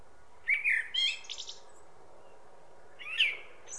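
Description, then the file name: Common blackbird song: a low fluted whistled phrase ending in a thin squeaky twitter, then a second brief fluted note after a pause. "Turdus merula"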